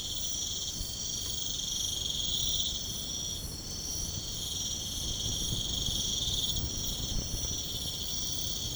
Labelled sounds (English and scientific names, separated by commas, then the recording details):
none
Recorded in pastures near Puerto Asís, Putumayo, Colombia, on 13 March 2025 at 05:00
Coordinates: 0.505, -76.324
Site GP08